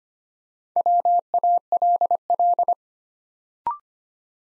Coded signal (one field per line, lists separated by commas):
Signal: Morse code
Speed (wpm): 26 wpm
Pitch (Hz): 700 Hz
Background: none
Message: WALL